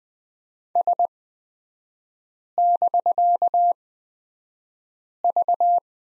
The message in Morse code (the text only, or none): S<BK>V